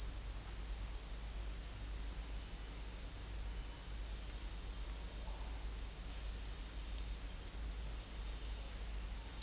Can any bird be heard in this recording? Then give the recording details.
no. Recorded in dense forest near Puerto Asís, Putumayo, Colombia, on 20 December 2024 at 16:30. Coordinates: 0.484, -76.325. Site G056